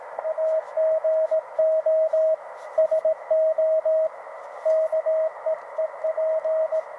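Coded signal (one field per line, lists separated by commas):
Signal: Morse code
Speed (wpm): 18 wpm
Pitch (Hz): 640 Hz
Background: radio noise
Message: AGO SO KEEP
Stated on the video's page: Signal heard on a YouKits HB-1B QRP CW transceiver with an MFJ-971 QRP portable tuner, outdoors through a portable speaker.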